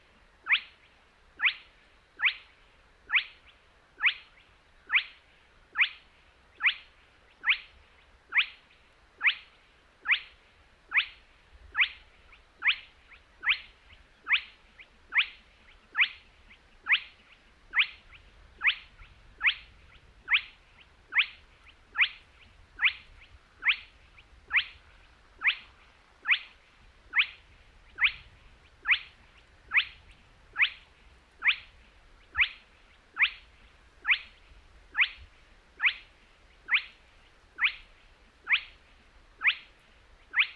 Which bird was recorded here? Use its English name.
Spotted Crake